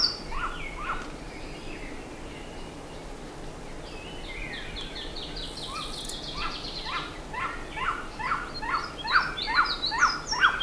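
Bird calls: short downward-swept notes, a few scattered at first, then a steady series about every half second, with other birds chattering higher.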